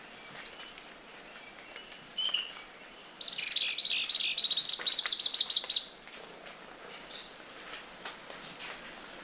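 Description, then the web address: Ornate flycatcher calls: a quick burst of high, sharp chipping notes runs for about three seconds, with scattered thin chirps before and after. Recorded in Ecuador. "Birds of Ecuador. Ornate Flycatcher"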